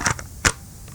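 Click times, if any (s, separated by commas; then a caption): 0.5 s. A pistol is pushed back down into a kydex holster, with soft handling rustles near the start and a sharp, secure click at 0.5 s. The click means the gun is seated and locked in until it is pulled out.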